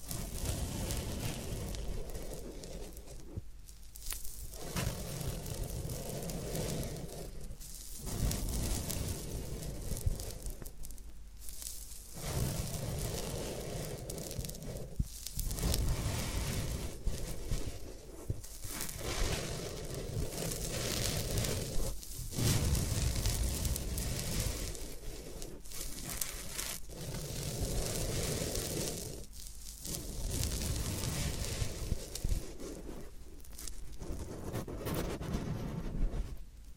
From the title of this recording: Floral Foam Sounds